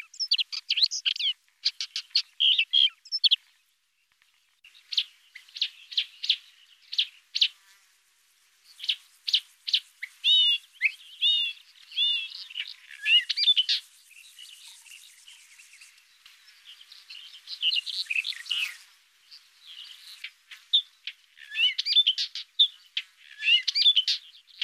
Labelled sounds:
Upcher's Warbler song
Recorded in the wild
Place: Tahtakaraca-Pass 1788 m (Alexanderpass), UZ
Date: 2001-05-23
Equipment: MiniDisc Sharp MT 20 H
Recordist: Schwarz, Dieter

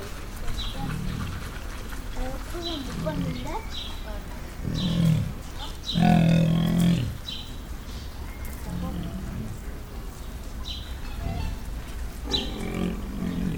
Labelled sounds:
Leopard call
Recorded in captivity
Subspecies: saxicolor
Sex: male
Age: adult
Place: Zoo Berlin, Berlin, DE
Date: 1996-07-28 18:15
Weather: overcast, 23°C
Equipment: Sony MD-WM MZ-R3, Sennheiser ME 80, Kopie Uher 4000 Report Monitor
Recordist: Tembrock, Günter

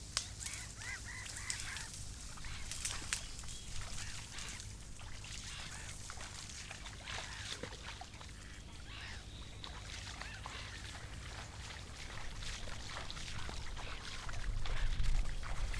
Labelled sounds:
Great Reed Warbler
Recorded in the wild
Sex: male
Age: adult
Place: Müggelsee, Berlin, DE
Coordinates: 52.43, 13.64
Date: 1990-05-03
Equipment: Uher 4400 Report Monitor, Sennheiser ME 80, K 30 AV
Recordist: Fischer, Stefan

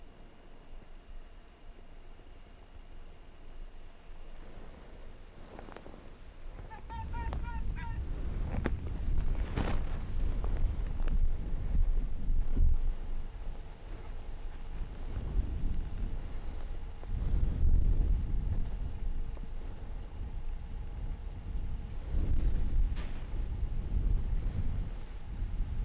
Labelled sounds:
Arctic Fox
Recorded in the wild
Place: Insel Mednyi, Kommandeur-Inseln, RU
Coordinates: 54.5167, 168.083
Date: 1999-08-21
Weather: 11°C, leicht bewölkt, leichter Westwind
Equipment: Sony WM-D6C, Sennheiser ME 80, K 30 AV, Windkorb, Kopie Tascam DA 30
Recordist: Jakupi, Antje

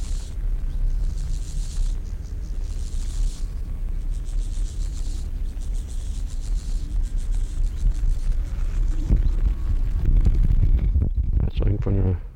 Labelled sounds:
Steppe Grasshopper stridulation
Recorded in the wild
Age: imago
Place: Schildow, NSG, Kalktuffgelände am Tegeler Fließ (NSG Schildow), Berlin, DE
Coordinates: 52.642, 13.37
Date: 1993-08-14 11:51
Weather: 20°C, sonnig
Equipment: Marantz CP 430, Sennheiser ME 80, Kopie Uher Variocord 263
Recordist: Tembrock, Günter

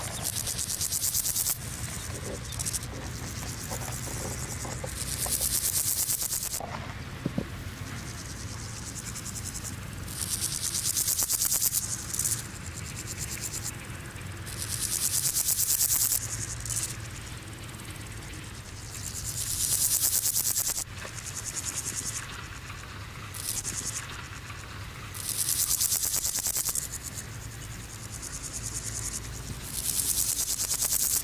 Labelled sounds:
Meadow Grasshopper stridulation
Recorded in the wild
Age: imago
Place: Rappelsdorf (b. Schleusingen), Thüringen, DE
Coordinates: 50.5, 10.7167
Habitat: wet meadow
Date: 1987-08-22 13:40
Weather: sunny, 24,7°C in the shade, 28,7°C in the sun
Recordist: Tembrock, Günter

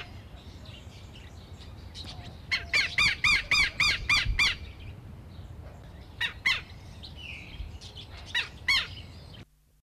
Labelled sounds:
Southern Lapwing call
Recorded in captivity
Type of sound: call
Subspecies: cyyennensis
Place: Zoo Hannover, Niedersachsen, DE
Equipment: Halbspur, 9,5 cm/s
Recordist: Lütgens, Hans
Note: Rufe

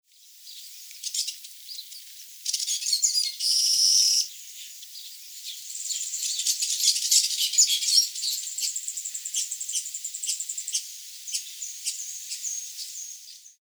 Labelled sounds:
Greater Blue-eared Starling
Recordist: Tembrock, Günter
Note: Gesang

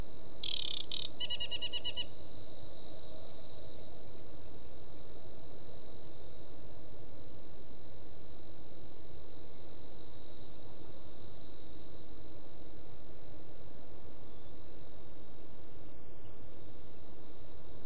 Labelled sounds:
Aquatic Warbler song
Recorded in the wild
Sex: male
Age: adult
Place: Schwedt, Unteres Odertal, Brandenburg, DE
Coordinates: 53.05, 14.3
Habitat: wet meadow
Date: 2024-06-16 21:30
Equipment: Wildlife Acoustics SM4
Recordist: Frommolt, Karl-Heinz

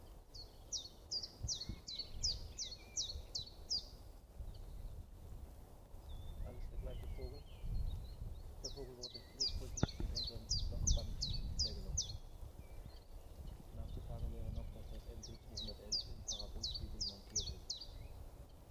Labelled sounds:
Common Chiffchaff song
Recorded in the wild
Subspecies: collybita
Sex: male
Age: adult
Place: Spitzberg, Tübingen, Baden-Württemberg, DE
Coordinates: 48.5167, 9.01667
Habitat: forest
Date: 1969-04-21 12:00
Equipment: Nagra III PH, MD 421, Windschutz, LGS26
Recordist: Faber, A., Nedo and Schneider, H.-J

